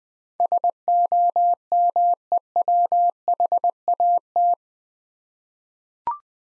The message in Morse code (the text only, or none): SOMEWHAT